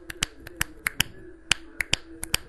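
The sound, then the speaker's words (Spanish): A quick run of sharp finger snaps, about a dozen crisp clicks in an uneven, clattering rhythm that mimics castanets, with a faint low hum underneath and no talking. “Y las castañuelas, pues hacen el sonido de como tronar los dedos, de chasquido así de.”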